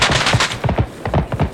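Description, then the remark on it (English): A sustained stretch of gunfire in the distance, with rapid, irregular cracks and pops overlapping into a steady rattle, with no voices over it. “I just hear a bunch of gunfire in the distance.”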